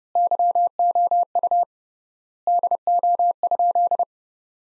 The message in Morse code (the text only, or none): YOU DO?